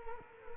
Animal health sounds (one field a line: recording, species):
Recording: mosquito wingbeat signal from an infrared sensor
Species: Culex quinquefasciatus